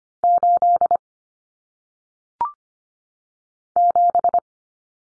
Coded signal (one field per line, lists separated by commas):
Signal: Morse code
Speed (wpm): 25 wpm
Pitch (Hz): 700 Hz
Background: none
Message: 8 7